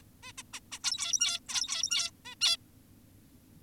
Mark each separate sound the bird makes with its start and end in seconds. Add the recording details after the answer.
0.23-0.32, 0.38-0.43, 0.54-0.60, 0.72-0.79, 0.84-1.40, 1.49-2.11, 2.25-2.35, 2.41-2.57. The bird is an adult. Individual g17y2U